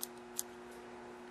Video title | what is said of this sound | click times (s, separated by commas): Quick Review of The Canon Elph 300 HS Digital Camera | and when you put it back in you just push it in till it clicks | 0.0 s, 0.4 s